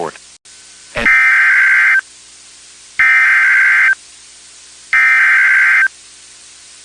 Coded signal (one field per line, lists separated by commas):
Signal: Emergency Alert System (SAME) tones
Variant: header bursts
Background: speech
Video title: Every EAS alerts I've caught from January 2026 EAS #53-#58